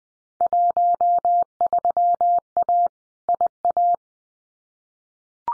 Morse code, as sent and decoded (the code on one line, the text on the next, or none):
.---- ...-- .- / .. .-
13A IA